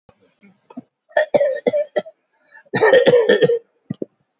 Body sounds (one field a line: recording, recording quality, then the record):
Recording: shallow voluntary cough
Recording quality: excellent, no background noise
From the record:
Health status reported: COVID-19 positive, mild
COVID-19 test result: positive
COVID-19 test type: RT-PCR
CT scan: taken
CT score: 8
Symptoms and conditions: cough, fatigue, hypertension, diabetes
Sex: male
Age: 80 years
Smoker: no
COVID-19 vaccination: none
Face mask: not worn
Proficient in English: no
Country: India